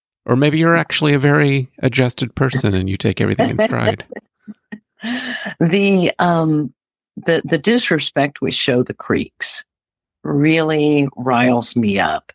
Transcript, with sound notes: Or maybe you're actually a very adjusted person, and you take everything in stride.
(laughs) The disrespect we show the creeks really riles me up.